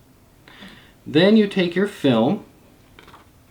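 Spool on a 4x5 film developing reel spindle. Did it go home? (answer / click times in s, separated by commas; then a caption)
yes / 0.5 s. A film guide is pushed aside and the spool is pressed down onto the spindle of a 4x5 film developing reel, then rotated until it clicks into its first position at 0.5 s. Someone then talks, and another brief click is heard at 3.0 s. The spool is seated.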